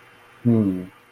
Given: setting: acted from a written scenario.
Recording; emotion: vocal sound without words; amusement